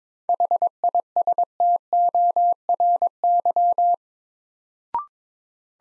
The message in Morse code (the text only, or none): HISTORY